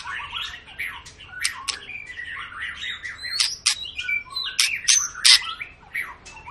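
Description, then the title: White-rumped shama song, a rich jumble of whistled and harsh notes, with sharp clicks and varied phrases delivered rapidly throughout. Long song used as a lure to make other birds sing; "gacor" means a bird singing continuously. "Pancingan Murai Batu Gacor Panjang"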